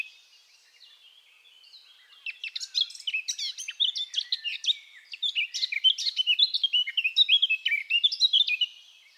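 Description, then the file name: Eurasian blackcap singing: soft quiet twittering at first, then a loud, rich, rapid warble of fluty and chattering notes for about seven seconds. "Sylvia atricapilla"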